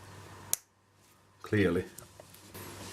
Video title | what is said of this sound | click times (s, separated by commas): Unboxing Pandora Fakes | you lock this one you can hear the click clearly | 0.5 s